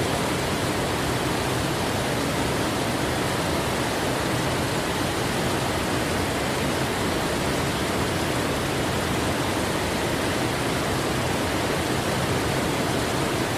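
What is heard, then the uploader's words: A waterfall pours in a steady, dense roar, full from deep rumble to bright hiss, unchanging throughout with no separate events. Waterfall Sounds.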